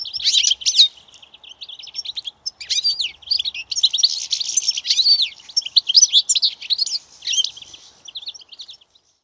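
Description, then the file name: European Goldfinch giving a long, lively run of bright twittering notes mixed with buzzy trills, with one brief gap, fading toward the end. "Carduelis carduelis"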